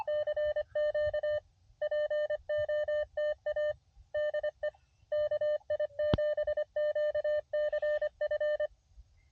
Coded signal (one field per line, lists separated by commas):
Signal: Morse code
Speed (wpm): 25 wpm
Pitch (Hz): 590 Hz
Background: none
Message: CQ POTA DE KI7QCF